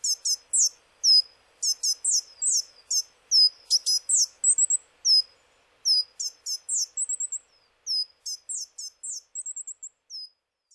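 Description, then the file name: Coal tit calls, a busy series of thin, very high chips and short trills, coming in quick irregular bursts with brief gaps throughout. Okayama, Japan, 18 May 2016. "higara okayama 160518 kaji"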